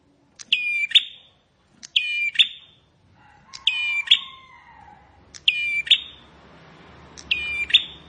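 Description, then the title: Bar-winged prinia song: five short buzzy, ladder-like phrases ending in a thin high whistle, at somewhat irregular intervals; a second bird gives long descending whistles midway. "Ciblek Sawah"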